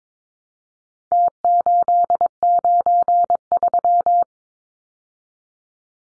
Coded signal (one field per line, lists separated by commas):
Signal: Morse code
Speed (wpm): 22 wpm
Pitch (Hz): 700 Hz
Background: none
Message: T893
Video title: Four Digit Contest Style Numbers 22wpm